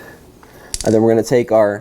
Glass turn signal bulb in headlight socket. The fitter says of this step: you're just gonna wiggle back and forth this bulb will pop right out and